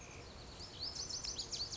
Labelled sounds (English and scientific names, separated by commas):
Lazuli Bunting (Passerina amoena)